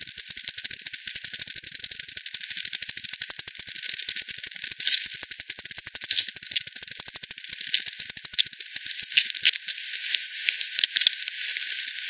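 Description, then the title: Bat echolocation calls as dense trains of rapid clicking pulses, thinning out slightly toward the end. Multiple bats at the Hogsmill River, Hogsmill Lane, 7 October 2020 at 18:10; FD10 recording, band-pass filtered and resampled. "WW bat 20201007 T 18 : 10 Z-Hogsmill-Lane-Hogsmill-River-multiple-bats"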